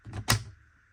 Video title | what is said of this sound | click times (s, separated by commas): I COULDN’T RESIST 😃20v CIRCULAR SAW & MORE PARKSIDE TOOLS FROM LIDL | nice click then to remove push the button in out it comes | 0.3 s